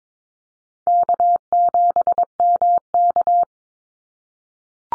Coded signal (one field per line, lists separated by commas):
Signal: Morse code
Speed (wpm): 22 wpm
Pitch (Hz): 700 Hz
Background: none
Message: K7MK